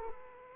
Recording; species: mosquito wingbeat signal from an infrared sensor; Aedes aegypti